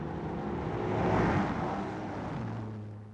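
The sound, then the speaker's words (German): A car engine swells from a low rumble to a broad roaring peak as it drives by, then eases off into a steady lower hum. No one speaks. “Geben Sie Obacht, es kommt ein Wagen.”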